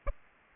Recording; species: mosquito wingbeat signal from an infrared sensor; Aedes aegypti